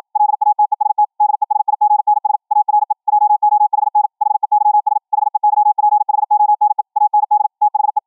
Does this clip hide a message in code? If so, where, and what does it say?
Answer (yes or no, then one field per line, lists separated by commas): yes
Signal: Morse code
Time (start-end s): 0.2-8.0 s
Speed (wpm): 53 wpm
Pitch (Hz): 840 Hz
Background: none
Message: LATEST DESIGNS ARE JOHN HEYS HEYPHONE AND THE